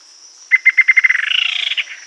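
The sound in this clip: Bird call: a loud run of pulsed notes that speeds up into a fast buzzy trill, then fades, over a steady high hum.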